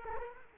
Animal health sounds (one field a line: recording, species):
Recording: mosquito wingbeat signal from an infrared sensor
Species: Culex quinquefasciatus